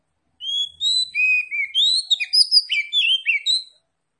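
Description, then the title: Oriental magpie-robin singing a continuous string of clear whistles and quick, slurred warbling notes that jump up and down in pitch. Tretes; singing vigorously (gacor). "Kacer Tretes Gacor"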